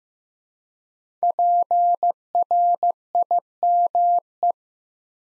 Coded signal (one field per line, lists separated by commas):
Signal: Morse code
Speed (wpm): 15 wpm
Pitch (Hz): 700 Hz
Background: none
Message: PRIME